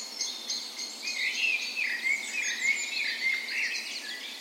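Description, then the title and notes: Birds in a dawn chorus, several overlapping high twittering and warbling songs running continuously, with sweeping whistled phrases in the middle. Spring dawn chorus in a park west in Bergen, Norway, morning of 17 May, Norway's National Day; Sony PCM A10 recorder with LOM micro Usi mics as tree ears. "17th Of May Dawn Chorus. Recorded on the morning of Norways National Day the 17th of May in a park west in Bergen. Spring is in full effect, and the dawn chorus sounds wonderful!"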